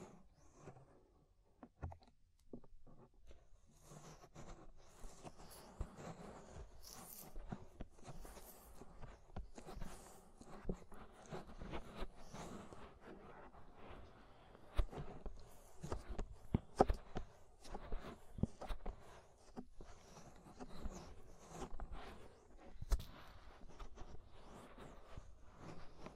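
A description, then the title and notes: Scraping at the inner and outer ear, heard as a steady run of rough rubbing and crackling scratches. Dense clusters of sharp clicks and brushing strokes come fast and irregularly, with bright crackles, a low muffled thump beneath, and brief pauses between bursts. Inner and Outer Ear Scraping (No Talking).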